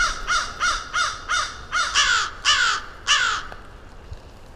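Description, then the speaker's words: Crows calling, a series of harsh caws, the first ones short and quick, the later ones longer and louder, then quiet. A rookery of crows calling deep in the woods at Mud Pond, a nature refuge in Vermont, in early spring. "As I moved deeper into the woods, a rookery of crows began to call."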